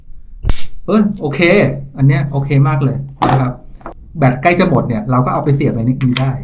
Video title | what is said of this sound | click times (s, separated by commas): เลือกกล้องไปวิ่งเทรล - Insta360 GO 3S กับวิธีการใช้งาน | ไม่ต้องกลัวว่ามันจะหล่นเลยนะเหมือนมมันมันโหมันดังแป๊กเลยอ่ะเนี่ยดูดิเนี่ยเออ | 0.5 s